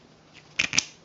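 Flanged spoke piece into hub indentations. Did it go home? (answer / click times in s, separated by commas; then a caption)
yes / 0.6 s, 0.8 s. A flanged spoke piece is pressed into the indentations on a hub and snaps in place. Two sharp, bright clicks land at 0.6 s and 0.8 s over a quiet background, each followed by a short rattle. The piece seats firmly in the indentations.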